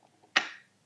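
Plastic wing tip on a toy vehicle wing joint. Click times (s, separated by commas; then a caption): 0.4 s. A plastic wing tip on an action-figure vehicle toy is moved into position at its wing joint. It gives one sharp, bright click at 0.4 s with a short ringing tail, and the wing tip snaps into place.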